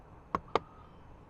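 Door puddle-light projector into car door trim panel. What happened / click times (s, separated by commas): A small plastic housing clicks into a panel opening / 0.3 s, 0.6 s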